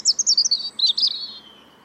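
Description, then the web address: European robin song: a quick burst of thin, high twittering notes that slides down into a fading, sibilant trill. "Deverinetal 2025 File origin Bird Only Er Ru"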